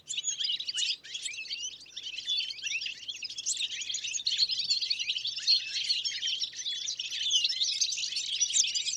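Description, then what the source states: European goldfinches chattering together, a dense continuous mass of twittering, tinkling notes from many birds. Small roost of goldfinches, Plateau de Lesches-en-Diois, Drôme, France, about 1000 m, 30 January 2021; windless, sunny morning after days of rain; Nagra Seven with Telinga P7 parabola.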